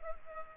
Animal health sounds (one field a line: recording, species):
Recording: mosquito wingbeat signal from an infrared sensor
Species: Culex pipiens